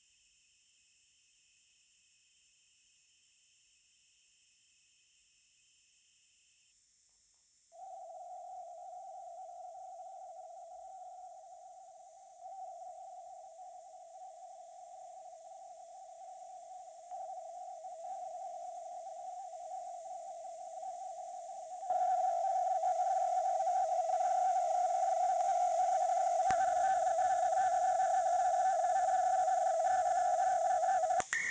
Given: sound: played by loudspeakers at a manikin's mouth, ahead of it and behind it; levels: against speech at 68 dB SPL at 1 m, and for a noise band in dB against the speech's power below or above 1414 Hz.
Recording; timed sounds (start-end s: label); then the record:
test signals for a remote microphone
0.00-6.72 s: noise band at 2828 Hz, as loud as that band is in speech
7.72-12.41 s: noise band at 707 Hz, -10 dB
12.41-17.11 s: noise band at 707 Hz, -5 dB
17.11-21.81 s: noise band at 707 Hz, 0 dB
21.81-26.50 s: noise band at 707 Hz, +5 dB
26.50-31.20 s: noise band at 707 Hz, +10 dB
31.33-31.51 s: noise band at 2000 Hz, +10 dB
From the record:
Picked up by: remote microphone D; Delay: 24 ms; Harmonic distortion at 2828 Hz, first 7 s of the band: under -7 dB (system noise only)